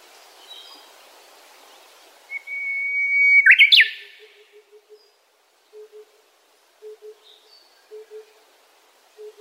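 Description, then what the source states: Japanese bush warbler song: a long steady whistle, then a quick rising, warbling flourish; soft low paired hoots from another bird follow about every second. Recorded on Daigenji Plateau, Niigata Prefecture, Japan.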